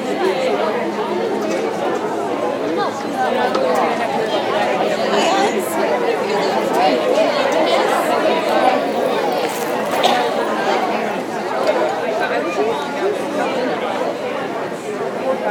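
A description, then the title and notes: Outside at the fair, many voices chatter and overlap in a steady, dense murmur, with a few brighter clatters around ten seconds. Outside at the Fair.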